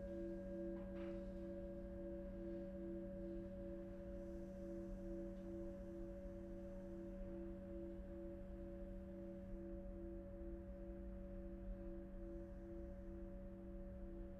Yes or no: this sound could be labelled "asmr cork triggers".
no